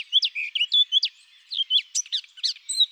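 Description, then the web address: Eurasian blackcap singing a fast, varied warble of short high notes, fluty slurs mixed with scratchier chips, with one short pause midway, lasting about three seconds. "Sylvia atricapilla"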